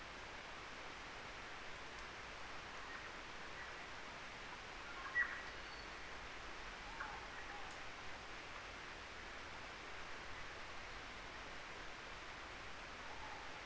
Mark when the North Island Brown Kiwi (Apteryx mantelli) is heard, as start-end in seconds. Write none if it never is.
none